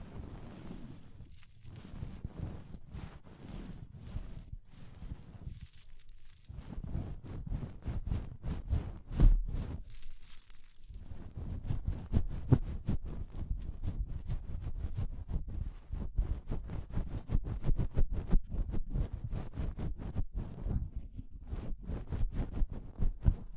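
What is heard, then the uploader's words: Dense scratching and tapping runs through the whole clip, with a steady low rubbing underneath and rapid clicks packed closely together. Brief bright jingling bursts sparkle in near the start, around six seconds, and again near ten seconds, with short quieter pauses between. ASMR Relaxing Tapping, Scratching, Ear Cleaning with Jingling Sounds (No Talking).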